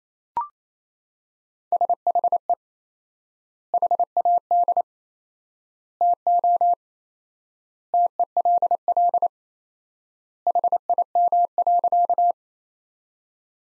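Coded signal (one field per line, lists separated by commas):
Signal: Morse code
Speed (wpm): 28 wpm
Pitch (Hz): 700 Hz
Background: none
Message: SHE HAD TO TELL HIM.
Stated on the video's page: Morse practice: sentences from the top 200 words at 28 wpm with 4x word spacing, a word-based version of Farnsworth spacing.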